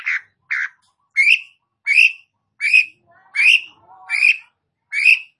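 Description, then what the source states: Long-tailed shrike harsh calls: grating, squawky notes repeated a little more than once a second and fairly regular, with a faint lower chatter between some of them. Described as gacor, actively and vigorously singing.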